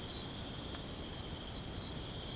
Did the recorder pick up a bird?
no